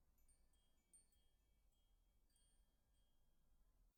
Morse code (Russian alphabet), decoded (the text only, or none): none